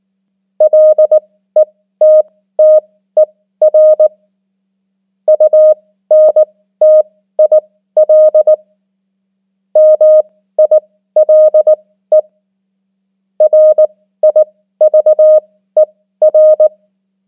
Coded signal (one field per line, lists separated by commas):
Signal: Morse code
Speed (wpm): 19 wpm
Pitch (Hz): 620 Hz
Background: none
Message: LETTER UNTIL MILE RIVER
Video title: 500 most common English words in Morse Code @18wpm